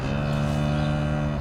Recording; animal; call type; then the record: contact call of a hoofed animal; cattle; low-frequency (closed-mouth) or high-frequency (open-mouth) call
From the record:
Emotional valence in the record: negative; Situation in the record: full separation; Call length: 1.40 s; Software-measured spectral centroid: 1810 Hz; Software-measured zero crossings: 1170 a second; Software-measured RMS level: -24 dBFS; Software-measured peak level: -13 dBFS